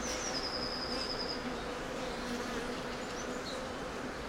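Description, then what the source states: Bees buzzing in a steady, dense hum with low tones, while a bird gives one high, fast trill in the first second and a half. Bees in a city park.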